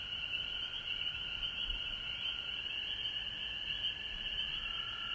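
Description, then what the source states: Frogs calling in a dense, unbroken chorus, a steady high trilling band with a fainter lower band beneath, and no pauses throughout. Recorded at home in Georgia on March 19, 2020.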